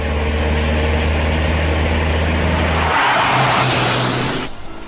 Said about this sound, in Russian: На загородных дорогах любил выжимать из своих «Жигулей» все возможное.